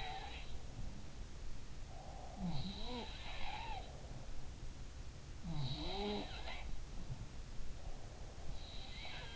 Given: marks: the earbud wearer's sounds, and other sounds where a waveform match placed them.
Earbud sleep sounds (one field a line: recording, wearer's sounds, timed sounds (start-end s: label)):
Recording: sounds in sleep by an in-ear microphone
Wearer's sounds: breath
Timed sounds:
0.00-1.41 s: sound from someone else or the room
1.83-4.25 s: breath
2.28-4.92 s: sound from someone else or the room
5.34-7.58 s: sound from someone else or the room
7.78-9.36 s: breath